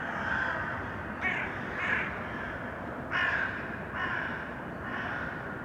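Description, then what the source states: Crow giving several loud, rough caws spaced roughly a second apart over a dull, continuous background rumble. Urban crows.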